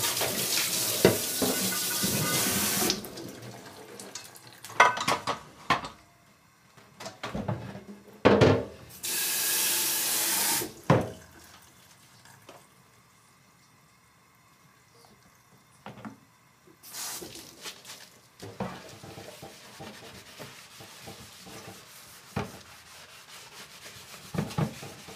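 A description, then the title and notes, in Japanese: Preparing make-ahead food for lunch boxes: a tap gushes in loud bursts at the start, again around nine to eleven seconds, and briefly near seventeen. Between them come scattered clinks, knocks and rubbing of dishes and utensils, with a hushed lull mid-clip. 環境音 弁当用につくりおき。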